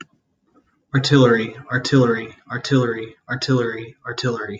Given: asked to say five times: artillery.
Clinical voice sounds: repeated word; male; 30 to 39 years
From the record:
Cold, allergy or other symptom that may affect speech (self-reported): no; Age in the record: 32 years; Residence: Kansas, United States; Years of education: 16

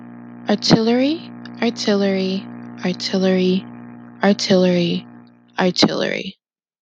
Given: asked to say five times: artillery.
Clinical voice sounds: repeated word; female; 20 to 29 years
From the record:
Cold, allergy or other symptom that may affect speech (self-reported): no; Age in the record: 22 years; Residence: New York, United States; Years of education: 16

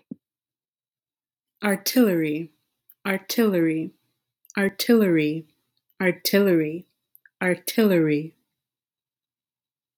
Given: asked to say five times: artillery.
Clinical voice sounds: repeated word; female; 20 to 29 years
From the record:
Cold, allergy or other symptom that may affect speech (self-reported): no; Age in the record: 28 years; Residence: Texas, United States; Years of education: 17

